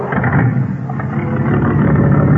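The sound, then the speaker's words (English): A car rumbles steadily past, its low engine roar and tire hiss holding at an even, fairly loud level for a couple of seconds with no voices. “Next car, Ed.”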